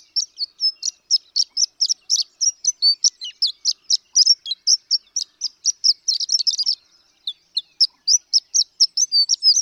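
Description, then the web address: Horned lark song: rapid, high, glassy notes strung together almost continuously, briefly breaking off near seven seconds before resuming. "birdsongforthecurious Horned Lark"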